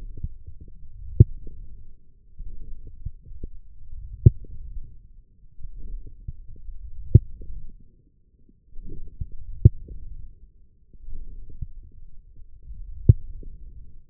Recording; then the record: forearm muscle sounds (acoustic myography)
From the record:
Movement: forearm pronation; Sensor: system 1, eight BSWA MPA416 microphones around the upper forearm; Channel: 2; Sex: male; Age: 20 years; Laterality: left